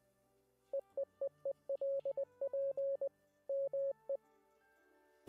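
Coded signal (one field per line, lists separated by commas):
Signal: none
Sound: game audio test beeps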